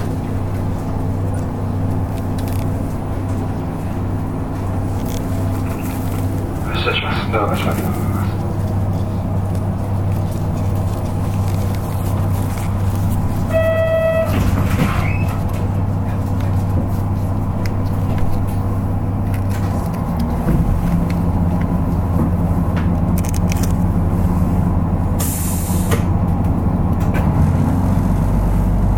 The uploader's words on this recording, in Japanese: JRキハ31系 若松から折尾まで。JR九州の31系気動車の走行音です。若松線の普通列車にて収録しました。